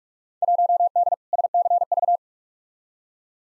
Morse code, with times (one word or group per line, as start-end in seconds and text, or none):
0.4-1.1 1D
1.3-2.2 SCV